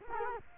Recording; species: mosquito wingbeat signal from an infrared sensor; Culex quinquefasciatus